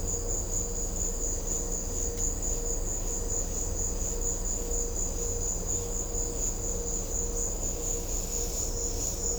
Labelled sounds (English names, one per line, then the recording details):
none
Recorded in secondary vegetation near Puerto Asís, Putumayo, Colombia, on 21 December 2024 at 16:30
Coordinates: 0.500, -76.326
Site G065